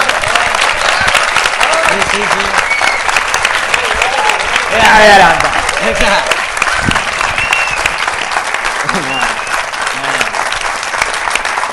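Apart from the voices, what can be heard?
audience applause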